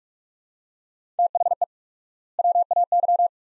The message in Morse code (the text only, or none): THE WAY